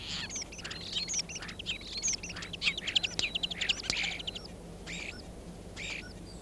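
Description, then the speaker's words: Common Starling chattering song, dense overlapping clicks, squeaky whistles and rattles packed together, thinning into a few separate notes toward the end. Chattering, very varied song; good mimic of other birds; recorded in Finland. "Kottaraisen laverteleva laulu on hyvin vaihtelevaa ja se on hyvä matkimaan muita lintuja."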